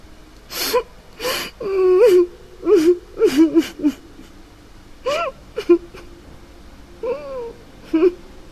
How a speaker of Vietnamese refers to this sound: Không có người gần đó. Hình như nghe thấy tiếng khóc, nó phát ra từ trong bóng tối của nhà vệ sinh.